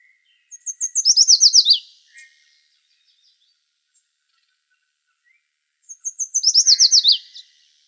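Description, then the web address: Yellow warbler song: two bright, quick phrases of high, sweet, downslurred notes that drop at the end, several seconds apart, with a soft note between. Recorded in Arizona, 26 May 2001. "Vermivora Parula Dendroica YWAR"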